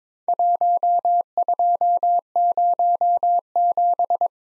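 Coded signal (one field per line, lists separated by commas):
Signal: Morse code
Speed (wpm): 22 wpm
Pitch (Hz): 700 Hz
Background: none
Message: 1207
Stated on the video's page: Simulated Worked All Europe DX Contest QTC exchange practice at 22 wpm, with random repeat requests, each exchange sent twice in Morse.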